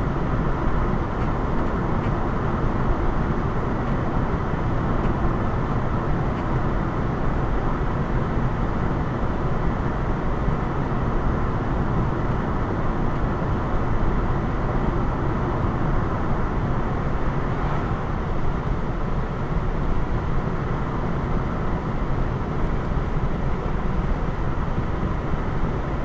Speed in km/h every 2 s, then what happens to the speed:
105, 105, 105, 105, 105, 105, 103, 103, 105, 105, 105, 105, 105.
0-26 steady at about 105.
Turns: none.